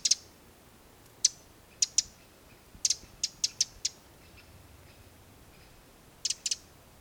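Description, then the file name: Eurasian wren giving sharp, dry ticking calls, singly and in quick pairs, scattered irregularly throughout over quiet background. "Troglodytes troglodytes"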